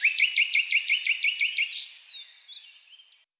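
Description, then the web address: Common nightingale song: a fast run of about ten identical chirping notes, then softer slurred notes fading away. "SETE data Luscinia megarhynchos"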